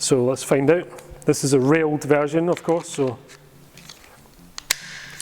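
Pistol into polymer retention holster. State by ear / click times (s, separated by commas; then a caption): seated / 4.7 s. Someone talks as a railed RWL Nighthawk Custom Recon CO2 1911 airsoft pistol is pushed into a polymer Serpa retention holster. A few faint taps are followed by a sharp, loud latch click at 4.7 s. The pistol locks into place in the holster.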